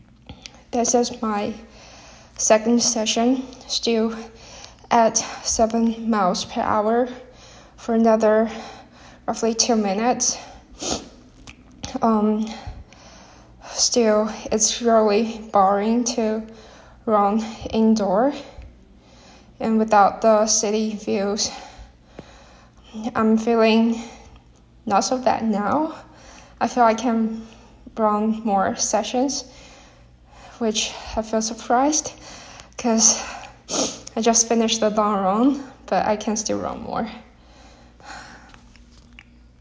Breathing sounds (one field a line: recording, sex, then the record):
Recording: free speech after running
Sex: female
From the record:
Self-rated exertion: moderate exertion (3 of 6)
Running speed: 7 miles an hour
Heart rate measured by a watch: 90 beats a minute at the start, 96 at the end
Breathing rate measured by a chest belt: 20 breaths a minute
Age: 24 years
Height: 163 cm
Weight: 52 kg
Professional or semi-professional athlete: no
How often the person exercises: 1 to 2 times a week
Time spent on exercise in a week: under 1 hour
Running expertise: no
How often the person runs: 1 to 2 times a week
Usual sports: interval training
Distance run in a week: 5 km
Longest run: 3 km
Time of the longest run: 30 minutes